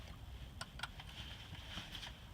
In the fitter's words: hear it snap. Yep.